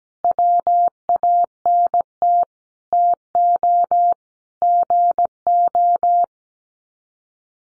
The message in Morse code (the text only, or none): WANT TO GO